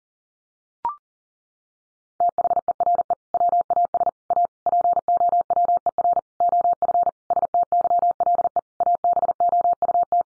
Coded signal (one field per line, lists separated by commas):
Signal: Morse code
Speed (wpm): 40 wpm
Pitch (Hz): 700 Hz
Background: none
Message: THERE WAS A POWER OF STYLE ABOUT